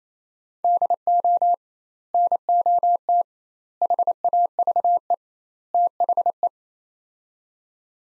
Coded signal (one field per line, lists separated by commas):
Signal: Morse code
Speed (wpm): 28 wpm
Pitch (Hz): 700 Hz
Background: none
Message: DO NOT HAVE THE